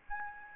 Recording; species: mosquito wingbeat signal from an infrared sensor; Aedes albopictus